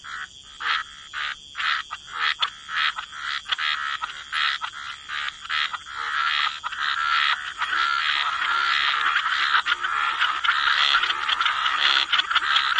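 Frogs calling in rapid rattling croaks, spaced early on and then blending into a steady overlapping chorus.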